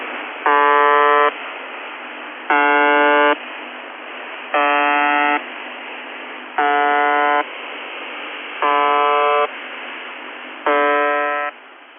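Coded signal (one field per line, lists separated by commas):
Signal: channel marker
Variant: UVB-76 (The Buzzer)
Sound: six short harsh buzzes about two seconds apart over steady radio hiss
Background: radio static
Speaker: UVB76, también conocida como The Basser o el Zumbador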